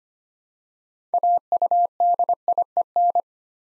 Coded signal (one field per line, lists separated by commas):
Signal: Morse code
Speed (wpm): 25 wpm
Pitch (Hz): 700 Hz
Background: none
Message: AUDIEN